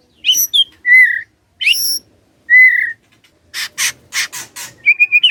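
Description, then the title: White-rumped shama song: varied loud whistled phrases with upslurred and downslurred notes, harsh rattling notes, then quick repeated whistles. Lure to make lazy white-rumped shamas start singing; whistling song (siulan). "PANCINGAN MURAI BATU. SIULAN MURAI BATU❗ PANCINGAN MURAI MALAS AGAR BUNYI❗❗"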